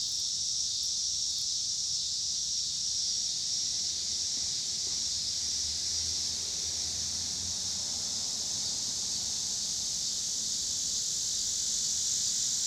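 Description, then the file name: Cicadas buzzing in a steady, continuous high-pitched drone, with faint low traffic rumble beneath. Cicadas in Pittsburgh, Pennsylvania, on 26 August 2023, with passing car noise. "2023-08-26 cicadas and cars Pittsburgh PA"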